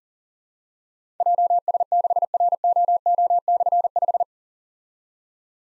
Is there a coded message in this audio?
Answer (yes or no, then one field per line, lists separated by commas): yes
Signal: Morse code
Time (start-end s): 1.2-4.2 s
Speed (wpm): 39 wpm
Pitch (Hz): 700 Hz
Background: none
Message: JS6ROO/5